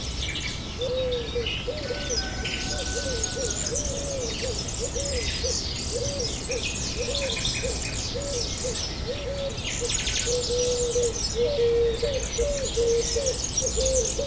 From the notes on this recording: nature sounds with piano